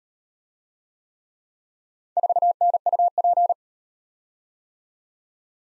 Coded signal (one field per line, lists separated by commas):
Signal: Morse code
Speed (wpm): 37 wpm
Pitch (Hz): 700 Hz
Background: none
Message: 4NUP